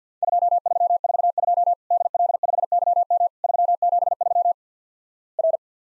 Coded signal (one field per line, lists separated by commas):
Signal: Morse code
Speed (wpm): 48 wpm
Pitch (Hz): 700 Hz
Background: none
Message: 2342 DL5YM 373 R